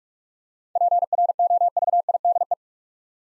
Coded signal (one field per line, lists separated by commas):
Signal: Morse code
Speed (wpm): 42 wpm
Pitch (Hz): 700 Hz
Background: none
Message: PROVIDE